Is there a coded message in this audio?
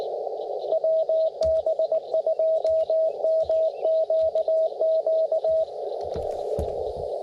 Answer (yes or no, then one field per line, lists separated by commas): yes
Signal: Morse code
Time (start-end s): 0.7-5.6 s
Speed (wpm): 19 wpm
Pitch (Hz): 640 Hz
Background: radio noise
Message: WB2MQQ